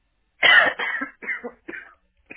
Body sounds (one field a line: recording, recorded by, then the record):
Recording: voluntary cough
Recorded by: telephone call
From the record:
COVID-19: positive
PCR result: checked with the laboratory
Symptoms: yes